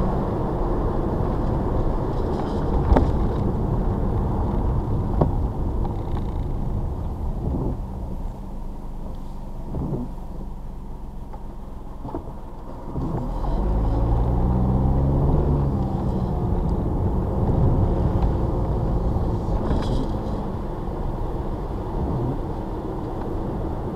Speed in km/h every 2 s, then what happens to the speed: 50, 47, 37, 26, 16, 8, 0, 10, 23, 32, 39, 32.
0-12 brakes to 0. 13-19 pulls away to 39. 21-24 brakes to 32.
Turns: 14-18.